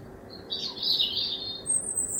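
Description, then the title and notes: Bird song, a short warbled phrase with a thin high whistle at the end, over a faint steady hum. Recorded at 1 am from a kitchen window. "Birdsong Recorded From My Kitchen Window At 1 Am by Speculativism"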